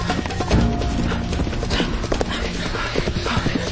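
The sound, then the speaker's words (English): Horse hooves clip-clop quickly and loudly in a rapid, uneven clatter as horses with a broken lead rope pull a pannier toward a forest, over a constant dense rumble of noise, with no clear speech. “Grab the reins! The lead rope's broken!”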